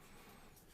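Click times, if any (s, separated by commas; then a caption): none. Curved-end flanges of a wooden piece from a Ugears Mechanical Celesta model kit are pushed into a rectangular slot, producing a steady, soft rubbing and scraping of wood with no sharp transients. The clip ends just before the tab goes home, so nothing has clicked or seated yet.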